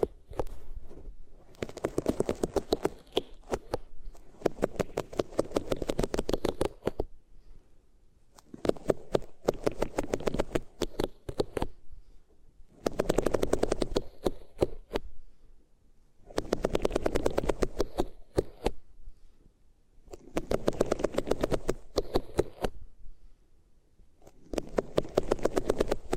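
Ears being rubbed against different materials, heard as bursts of dense, crackly scratching about three to four seconds long. Each burst is separated by a short silence, and the rhythm repeats steadily. The scraping carries a low, muffled body under a gritty, bright edge.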